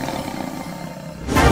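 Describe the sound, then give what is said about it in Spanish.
A big cat roar sound effect: a low, raspy growl rumbles steadily, then swells abruptly into a loud, full-throated roar at the very end, with no voices. “Arre, güey, déjame meter el gatito.”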